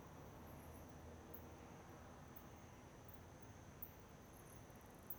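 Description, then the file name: Cricket: a faint, thin, steady high trill running unbroken throughout over a low night hum. Small-town backyard at night. "Ambiencia quintal de cidade pequena a noite com aviao passando, morcego e grilo"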